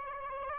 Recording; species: mosquito wingbeat signal from an infrared sensor; Aedes albopictus